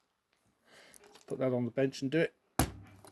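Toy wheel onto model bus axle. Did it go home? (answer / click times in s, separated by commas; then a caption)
yes / 2.6 s. Someone talks as a wheel for a die-cast Matchbox Lesney Daimler model bus is pressed firmly onto a reformed metal axle against the bench. At 2.6 s there is a single sharp knock, a clunk, as the wheel seats home on the axle.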